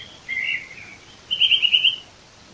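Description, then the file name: Eurasian nuthatch calls: a few short high notes, then a fast burst of clear piping notes lasting under a second. "Sitta europaea"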